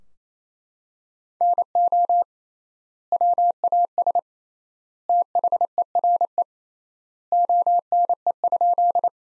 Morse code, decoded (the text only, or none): NO WAS THERE ONE?